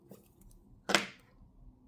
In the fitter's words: The spring has snapped into place.